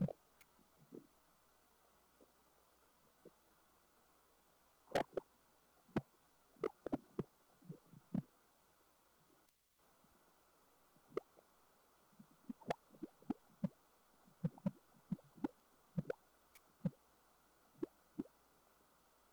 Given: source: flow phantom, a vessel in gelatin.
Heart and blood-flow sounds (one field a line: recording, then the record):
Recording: Doppler ultrasound of air bubbles in flowing water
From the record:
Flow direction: away from the transducer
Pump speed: 150 rpm (540 mL/min)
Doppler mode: pulsed wave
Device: 7 MHz transducer